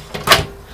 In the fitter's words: There we go, that's snapped into place now.